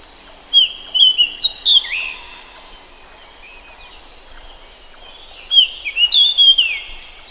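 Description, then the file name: Pied bushchat singing two brief, rapid whistled phrases of bright, varied notes about five seconds apart, with a thin continuous high-pitched hum in the background. "suara kicauan burung decu. omkicau"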